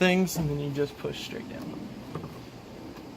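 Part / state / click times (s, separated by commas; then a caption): plastic engine cover onto engine mounting studs / seated / 2.1 s. Someone talks while a plastic engine cover on a 2018 Charger Scat Pack, being refitted after a cold air intake and catch can install, is lined up with its locating pins and pushed straight down onto the engine's mounting studs. A short, sharp snap is heard at 2.2 seconds as the cover clicks onto its mounts and is seated.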